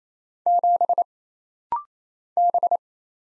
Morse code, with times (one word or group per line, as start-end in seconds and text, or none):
0.5-1.0 7
2.4-2.8 B